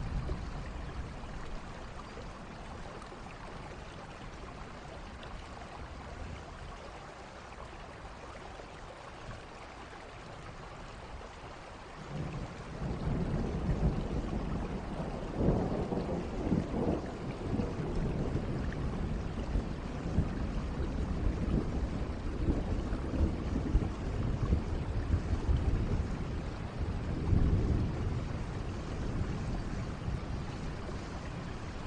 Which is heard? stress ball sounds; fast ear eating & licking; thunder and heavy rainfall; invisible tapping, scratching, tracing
thunder and heavy rainfall